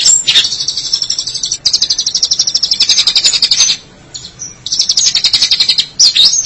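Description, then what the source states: Long-tailed Shrike song of fast, shrill repeated notes in bursts a second or two long, separated by brief pauses. Dated March 2017.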